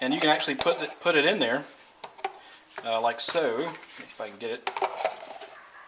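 A polymer AR-15-type 30-round magazine is pushed into the buttstock cavity of a Kel-Tec SU16 B rifle while someone talks. Brief handling knocks are heard at about 2.0 and 2.3 seconds. The magazine has not seated or snapped into place yet.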